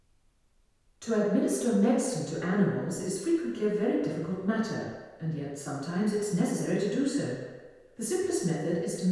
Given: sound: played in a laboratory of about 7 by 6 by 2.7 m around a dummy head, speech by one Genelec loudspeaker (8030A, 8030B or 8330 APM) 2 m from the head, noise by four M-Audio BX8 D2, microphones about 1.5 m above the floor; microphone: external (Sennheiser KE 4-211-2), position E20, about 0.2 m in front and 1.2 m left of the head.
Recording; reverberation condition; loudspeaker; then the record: female speech in English; high; 120 degrees to the right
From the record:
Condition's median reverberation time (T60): about 1300 ms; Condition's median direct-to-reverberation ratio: about -4.0 dB